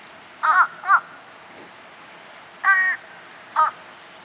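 Fish crow calling with a quick pair of nasal caws, then a longer caw and one final short note after a pause.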